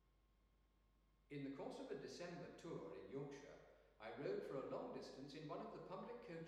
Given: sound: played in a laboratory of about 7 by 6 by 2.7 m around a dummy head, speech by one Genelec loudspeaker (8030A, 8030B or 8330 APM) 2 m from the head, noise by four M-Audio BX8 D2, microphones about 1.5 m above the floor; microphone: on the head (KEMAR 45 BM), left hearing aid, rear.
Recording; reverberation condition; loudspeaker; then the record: male speech in English; high; 60 degrees to the left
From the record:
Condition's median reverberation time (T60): about 1300 ms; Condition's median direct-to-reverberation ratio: about -4.0 dB